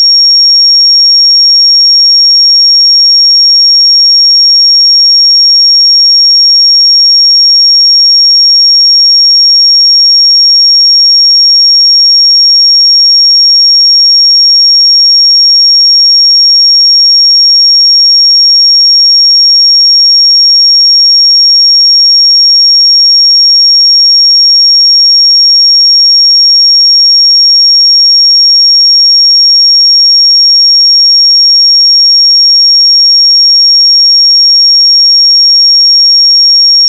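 A pure 5558 Hz sine tone holds perfectly steady and unchanging throughout, a thin, high, piercing whistle with no other sounds.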